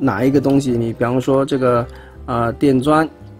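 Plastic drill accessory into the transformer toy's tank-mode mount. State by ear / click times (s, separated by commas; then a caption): not seated / none. A plastic drill weapon accessory is handled at the tank-mode mount of a Transformers Legacy United Megatron (SDCC 2024) toy while someone talks throughout. Nothing has seated or clicked yet; the clip ends just before the drill goes home on the tank.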